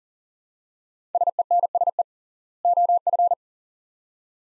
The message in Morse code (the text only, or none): SENSE OF